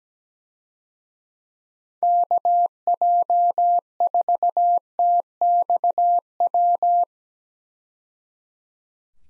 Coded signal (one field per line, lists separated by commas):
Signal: Morse code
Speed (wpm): 17 wpm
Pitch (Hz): 700 Hz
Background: none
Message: KJ4TXW